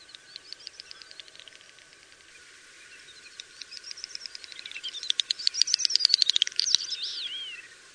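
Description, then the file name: Common snipe calls: a series of sharp high ticking notes that grow louder and faster, merging into rising and falling twittering sweeps near the end. "Beccaccino"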